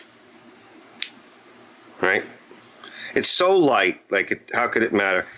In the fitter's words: So, my guess would be is you put it in like this and rotate it until it snaps. Just flex it a little bit,